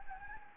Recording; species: mosquito wingbeat signal from an infrared sensor; Anopheles gambiae